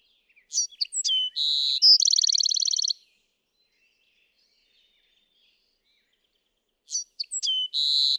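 Bewick's wren song: a few sharp high notes, a short buzzy note, then a fast dry trill lasting about a second, repeated after a silent pause.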